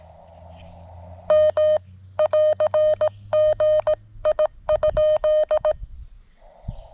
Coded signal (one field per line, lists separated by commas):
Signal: Morse code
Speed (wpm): 17 wpm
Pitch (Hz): 610 Hz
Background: none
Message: M <AR> GI?